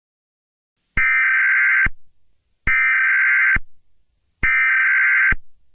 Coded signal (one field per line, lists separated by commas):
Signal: Emergency Alert System (SAME) tones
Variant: header bursts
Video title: Eas scenario - the sun is huge